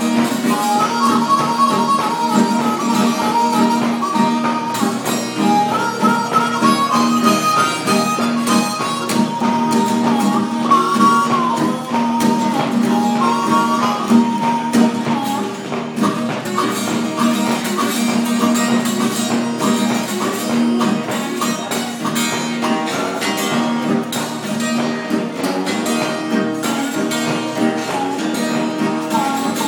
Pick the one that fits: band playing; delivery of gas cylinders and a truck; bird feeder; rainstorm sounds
band playing